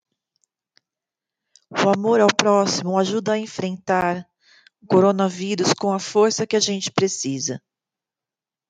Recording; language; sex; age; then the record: spoken sentence; Brazilian Portuguese; female; 40 to 49 years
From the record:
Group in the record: control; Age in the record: 46 years